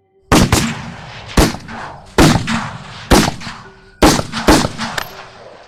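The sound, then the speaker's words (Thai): A rapid series of loud gunshots from shotguns loaded with silver bullets and carbines fired together, about seven sharp blasts in irregular succession, some overlapping, each with a booming report and a short decaying echo. “ปืนทุกกระบอกที่อยู่ในมือของทุกคนทั้งปืนลูกซองที่บรรจุกระสุนเงินและปืนคาร์บินก็ระเบิดกระสุนออกลำกล้องอย่างพร้อมเพรียง”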